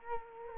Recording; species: mosquito wingbeat signal from an infrared sensor; Culex quinquefasciatus